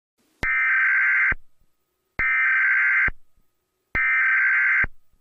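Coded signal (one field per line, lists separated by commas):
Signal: Emergency Alert System (SAME) tones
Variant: header bursts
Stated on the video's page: Fictional EAS scenario about a continental storm.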